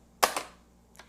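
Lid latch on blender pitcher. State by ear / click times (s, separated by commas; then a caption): released / 0.2 s. The lid release button on a Ninja Pulse Blender pitcher is pressed, and the plastic lid latch unlatches with a loud, sharp click at 0.2 s, followed by a softer second click near 0.4 s. A faint tick follows around 1.0 s, and the lid is released.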